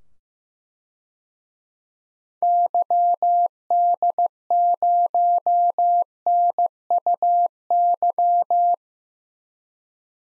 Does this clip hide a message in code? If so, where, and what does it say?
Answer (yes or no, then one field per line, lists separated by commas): yes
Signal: Morse code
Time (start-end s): 2.4-8.7 s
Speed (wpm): 15 wpm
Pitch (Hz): 700 Hz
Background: none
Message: YD0NUY